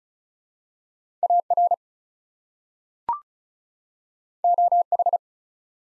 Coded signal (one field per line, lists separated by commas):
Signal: Morse code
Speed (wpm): 36 wpm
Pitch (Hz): 700 Hz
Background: none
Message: AR OH